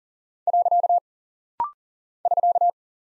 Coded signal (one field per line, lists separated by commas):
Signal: Morse code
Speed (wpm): 39 wpm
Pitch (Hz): 700 Hz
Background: none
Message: . <SK>